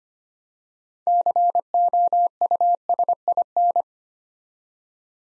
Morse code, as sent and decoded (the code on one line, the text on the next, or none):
-.-. --- ..- ... .. -.
COUSIN